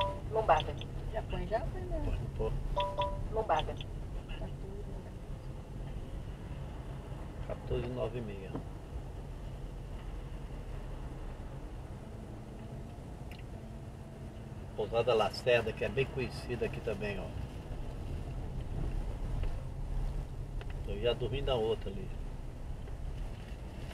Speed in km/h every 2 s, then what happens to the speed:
15, 15, 15, 14, 14, 12, 13, 12, 14, 13, 12, 11.
0-24 steady at about 13.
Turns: none.